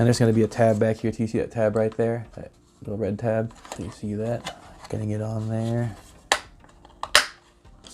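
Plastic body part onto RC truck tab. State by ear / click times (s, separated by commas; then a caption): seated / 6.3 s, 7.2 s. Someone talks while pushing a plastic body part onto a small red locating tab on an RBRC C14 MKS RC truck build. Sharp snaps are heard at about 6.3 s and 7.2 s as the part seats onto the tab.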